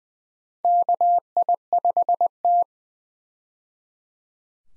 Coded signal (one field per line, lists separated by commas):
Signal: Morse code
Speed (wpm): 21 wpm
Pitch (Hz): 700 Hz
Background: none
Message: KI5T